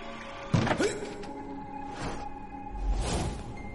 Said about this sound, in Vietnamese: tiếng của bà Loan lại đập vào cánh cửa, càng lúc càng dữ dội. Những tiếng công cốc vang lên đến lạnh cả người